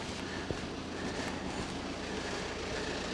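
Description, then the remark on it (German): An X1 car engine idles steadily as it warms up in cool weather of about 6 degrees, a continuous low rumble with an even, unchanging drone and a brief click near the start. No one speaks. “Kühl ist es, um die 6 Grad, dass die Leute immer ihren X1 warm laufen lassen müssen, obwohl überhaupt nichts beschlagen ist.”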